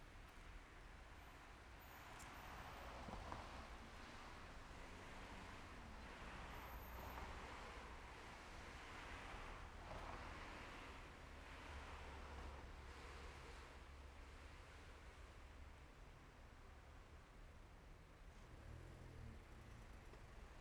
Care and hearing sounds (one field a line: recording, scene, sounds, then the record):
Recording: everyday scene through a hearing-aid microphone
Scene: in traffic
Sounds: traffic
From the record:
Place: main road on the outskirts, rush hour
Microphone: behind the ear, left, rear